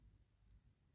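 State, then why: Not seated. A makeup palette lid is being handled over its palette case as it is closed again. Only low, quiet rumble and faint handling noise are heard, with no sharp transient. Nothing has clicked or seated yet.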